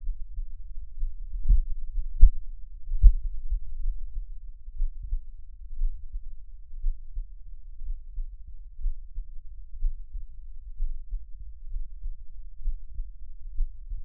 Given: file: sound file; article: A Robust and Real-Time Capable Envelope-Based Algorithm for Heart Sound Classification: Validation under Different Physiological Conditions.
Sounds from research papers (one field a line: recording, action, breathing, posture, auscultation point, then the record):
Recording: heart sounds by electronic stethoscope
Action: rest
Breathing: normal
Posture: sitting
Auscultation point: sternum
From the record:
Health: healthy, no known heart disease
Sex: male